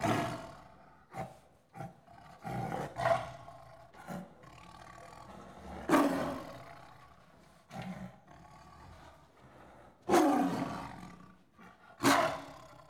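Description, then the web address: Tiger growls and snarls, a rough rumbling run broken by sharp louder snarls at irregular intervals. One tiger snarling and growling; countryside of India, Pakistan and Nepal. "Sound Effects Library. India Pakistan Nepal. One Tiger Snarling And Growling"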